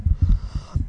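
Belching (burping) in an adult after surgery.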